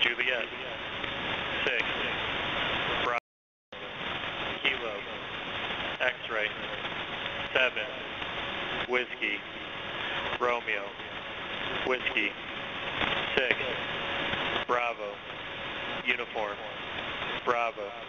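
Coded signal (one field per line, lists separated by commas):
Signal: coded military voice message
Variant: USAF Emergency Action Message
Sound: male voice reading phonetic letters and digits through heavy HF static, brief dropout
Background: radio static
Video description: Message of 242 characters: J6BKX7 - WRW6BUB73Q7J6OJY6JV7JD227IMOCU33BLUWPUMPGMMMMEYQYJ2SCLLZKBAANSLVVVV7OEFDGWXDDT2U77XU77777IVXBH4SDDSDV6223I7GGGGBFWGRJB4YH5NSWF3WTJJVPG4QU2KODBYV4QKKKJI7333E7SSSSLKGHTO44OIMRTAATAAVVVVUQBCRVIPPUXPDCDNND4444NVLCRAPHRP2EJFEOFDSSSSKWFQ3THCV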